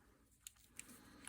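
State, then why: Not seated. A plastic tab on a Transformers Studio Series Autobot Hot Rod action figure is being handled and tapped toward its hole to finish the transformation. Three short, sharp plastic taps are heard at about 0.5, 0.8 and 1.3 seconds over a quiet background. Nothing has seated or clicked home yet.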